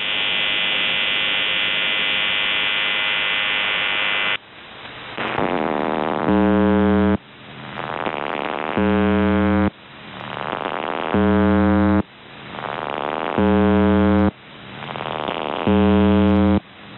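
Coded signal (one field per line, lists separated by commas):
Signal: channel marker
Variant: UVB-76 (The Buzzer)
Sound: long harsh buzz, then five short rasping buzzes about every 2.4 seconds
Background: radio static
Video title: UVB-76/The Buzzer Voice Message - June 14, 2023 14:05 UTC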